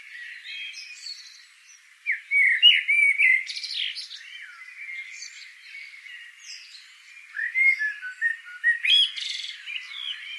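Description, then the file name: Eurasian blackbird calls: a loud run of rasping, chattering notes after two seconds, a pause, then another burst around eight seconds, against continuous soft chatter. "Turdus merula"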